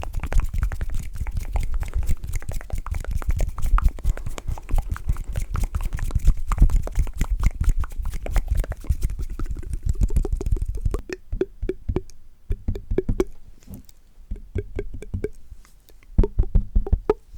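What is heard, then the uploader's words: Dense, dry mouth clicks and smacks rattle quickly for ten seconds, then thin into sparser bursts with short quiet gaps. Dry Mouth Sounds + Hand Visuals (INSTANT TINGLES).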